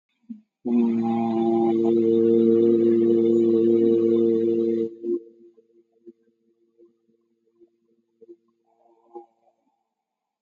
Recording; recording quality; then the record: sustained vowel as in boot; excellent, no background noise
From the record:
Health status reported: COVID-19 positive, mild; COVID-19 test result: positive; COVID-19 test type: RT-PCR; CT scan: not taken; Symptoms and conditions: cough, cold, hypertension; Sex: male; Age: 56 years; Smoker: no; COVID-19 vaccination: both doses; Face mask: worn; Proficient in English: yes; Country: India